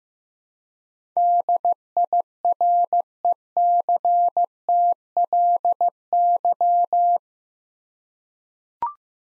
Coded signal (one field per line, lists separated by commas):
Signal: Morse code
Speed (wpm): 15 wpm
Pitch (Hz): 700 Hz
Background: none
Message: DIRECTLY